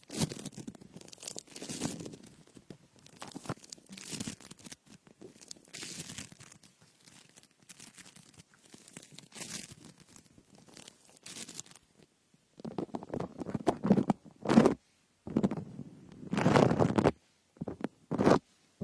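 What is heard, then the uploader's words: Crinkly, crunchy picking at a frosted bath ball, irregular scratchy bursts throughout, growing louder and chunkier with sharp pops after about thirteen seconds. Frosted Bath Ball Ear Picking Experience.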